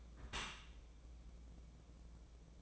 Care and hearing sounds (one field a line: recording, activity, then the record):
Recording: daily activity, microphone in the room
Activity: close dishwasher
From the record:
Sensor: 1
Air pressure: 1012.4 hPa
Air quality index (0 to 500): 172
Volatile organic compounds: 3 ppm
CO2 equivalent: 1404 ppm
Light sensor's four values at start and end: 332/756/336/368 and 333/758/337/369